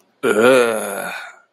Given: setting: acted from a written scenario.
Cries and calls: vocal sound without words; disgust

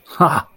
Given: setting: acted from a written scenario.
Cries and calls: vocal sound without words; realization

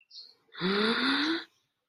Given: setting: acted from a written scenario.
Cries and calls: vocal sound without words; awe

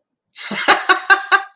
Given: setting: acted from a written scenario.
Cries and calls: vocal sound without words; amusement

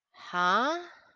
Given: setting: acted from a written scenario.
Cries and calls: vocal sound without words; confusion

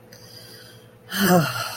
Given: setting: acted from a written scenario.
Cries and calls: vocal sound without words; relief

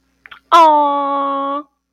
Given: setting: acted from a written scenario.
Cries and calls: vocal sound without words; adoration

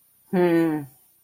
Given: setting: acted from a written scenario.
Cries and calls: vocal sound without words; confusion

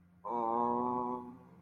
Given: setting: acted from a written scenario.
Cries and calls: vocal sound without words; embarrassment

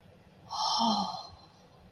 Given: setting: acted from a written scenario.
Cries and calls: vocal sound without words; awe

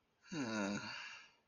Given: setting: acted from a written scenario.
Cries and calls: vocal sound without words; shame

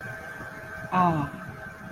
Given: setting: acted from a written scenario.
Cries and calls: vocal sound without words; contentment

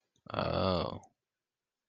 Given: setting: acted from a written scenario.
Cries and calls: vocal sound without words; realization

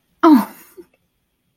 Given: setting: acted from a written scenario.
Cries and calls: vocal sound without words; embarrassment

